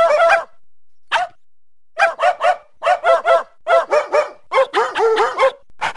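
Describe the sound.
Dog puppies yipping, short high yelps in quick bursts with brief pauses between bursts.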